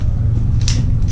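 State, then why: Seated. The adjustable pivot joint between a window-cleaning squeegee head and its handle is worked and gives one sharp, bright click into position at 0.7 s, just after a softer knock at 0.6 s, over a steady low rumble. The joint seats with a crisp snap, unlike another squeegee whose joint was stiff and did not click.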